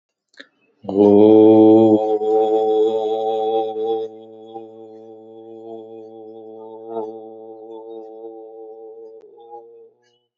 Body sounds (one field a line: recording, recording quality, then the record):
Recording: sustained vowel as in boot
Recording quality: excellent, no background noise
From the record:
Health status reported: healthy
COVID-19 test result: not tested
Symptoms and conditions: diabetes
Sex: male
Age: 60 years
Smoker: not ticked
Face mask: not worn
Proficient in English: yes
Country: India